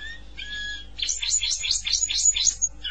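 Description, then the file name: Canary song opening with a faint steady whistled note, then a fast run of repeated buzzy high syllables, evenly pulsed, lasting about two seconds. "Canary Voice"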